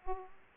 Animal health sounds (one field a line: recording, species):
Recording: mosquito wingbeat signal from an infrared sensor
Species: Aedes aegypti